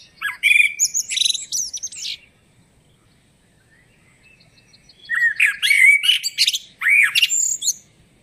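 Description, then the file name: Eurasian blackbird song: two phrases of mellow fluted warbling mixed with high, squeaky twittering, separated by a few seconds of quiet. "Turdus merula"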